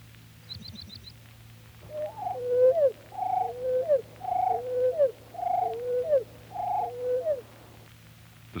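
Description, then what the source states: Slate-colored junco song slowed far down: a brief high trill of fast notes, then a low hooting series of paired, swooping tones repeated about once a second. Song played first at normal speed, then slowed to one-eighth speed, lowering the pitch by three octaves.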